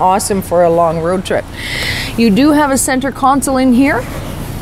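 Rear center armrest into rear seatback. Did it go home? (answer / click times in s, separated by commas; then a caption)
no / none. Someone talks while the rear-seat center armrest console with cup holders is handled against the rear seatback of a black 2014 Chevrolet Equinox LS, with a brief soft rustling of handling between the words. Nothing has latched or clicked into place yet.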